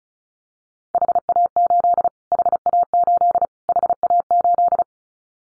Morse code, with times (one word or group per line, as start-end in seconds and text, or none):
0.9-2.1 HA8
2.3-3.5 HA8
3.7-4.8 HA8